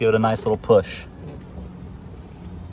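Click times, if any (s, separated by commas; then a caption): none. Someone talks while the door trim panel of a 2021 Chevy 1500 pickup is handled, its plastic push pins lined up with the door clip holes for a push. After the talking, only a low, steady background hum remains. Nothing has seated or clicked yet.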